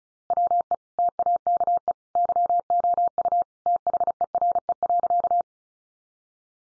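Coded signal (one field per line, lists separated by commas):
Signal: Morse code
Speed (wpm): 34 wpm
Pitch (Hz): 700 Hz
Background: none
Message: WE TAKE YOU THERE.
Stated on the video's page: Morse head-copy practice at 35 wpm, each sentence followed by spoken text and repeated in Morse.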